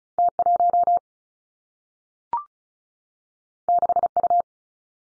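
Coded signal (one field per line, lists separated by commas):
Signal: Morse code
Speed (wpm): 36 wpm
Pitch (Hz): 700 Hz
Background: none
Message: T 1 6 U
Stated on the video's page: Morse practice at 35 wpm on confusable letter-number pairs, each combination sent twice for head-copy training.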